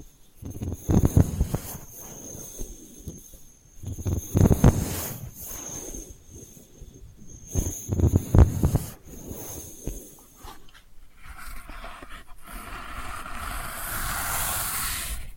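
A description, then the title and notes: Delicate scratching comes in three low, rough bursts around 1, 4.5 and 8 seconds, each with small clicks and scrapes between quieter gaps. A thin high whistle runs steadily through the first ten seconds. After about 11 seconds a soft, even hiss takes over, brightening toward the end. ASMR Delicate Scratching for Sleep (No Talking).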